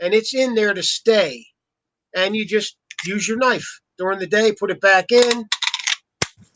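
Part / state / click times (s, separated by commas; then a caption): knife into kydex pocket sheath / seated / 6.2 s. A knife is pushed back into a molded kydex pocket sheath until its retention snaps over it and seats, giving a sharp click at 6.2 s. Someone talks through most of the clip, and a few faint handling clicks come just before the snap.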